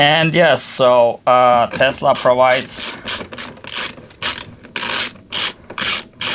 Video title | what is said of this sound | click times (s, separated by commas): Tesla Model 3 door noise when opening and closing. Replacing Door Check Strap. DIY Tesla repair. | Yeah, that one's stripped out. | none